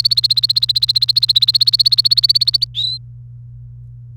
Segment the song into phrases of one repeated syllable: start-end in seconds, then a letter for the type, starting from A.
0.00-2.65 A, 2.75-2.97 B